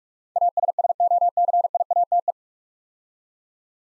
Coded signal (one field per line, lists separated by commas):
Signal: Morse code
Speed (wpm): 44 wpm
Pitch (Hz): 700 Hz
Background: none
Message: ASSOCIATE